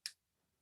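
A latch unlock button is pressed on a PGYTECH MagCam 2 MagSafe iPhone grip, releasing the module from its handle grip. A single short, bright tick is heard at 0.1 s, followed by near silence. The module comes right out.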